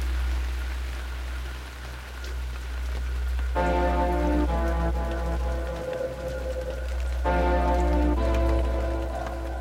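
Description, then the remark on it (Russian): Rainwater drips and patters steadily off a wagon roof after the rain has stopped, single drops and occasional whole streams of drops, a soft continuous spatter over a low hum, with a tonal drone swelling in twice partway through. “Дождь перестал. Только с крыши повозки срываются отдельные капли, иногда целые потоки капель.”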